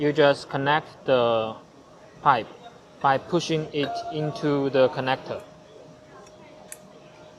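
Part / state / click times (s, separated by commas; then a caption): air pipe going into the test head's push-fit connector / seated / 6.7 s. An air pipe is pushed into the push-fit connector of a new test head while someone talks for the first five seconds or so. After a quiet stretch, one short sharp click is heard at 6.7 s as the pipe seats firmly in the connector.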